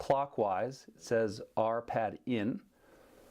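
Someone talks while a 5 mm allen key sits in the pad adjuster screw of a mechanical disc brake caliper, ready to be turned clockwise to move the pad toward the rotor. The talking stops near 2.7 s, followed by only low background hiss. Nothing has clicked or seated yet.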